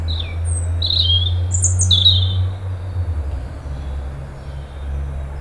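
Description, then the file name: European robin song: a quick run of high, sweet whistled notes and a shrill thin note in the first three seconds, then quiet with low rumbling noise. "Erithacus rubecula"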